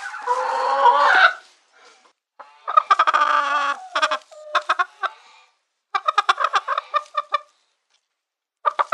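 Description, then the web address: Chicken clucking: a long harmonic squawk opens, then bursts of rapid, pulsed clucks in quick runs with short pauses between them. Domestic chicken. "Chicken 053-Chicken. Domestic"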